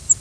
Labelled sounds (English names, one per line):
Cape May Warbler flight call